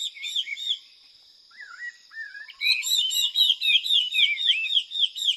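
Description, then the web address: Taiwan hwamei song: loud whistled notes, a lower wavering phrase in a brief pause, then a fast run of repeated looping notes, over a steady high drone. Recorded at Yushan. "台灣畫眉. Yushan"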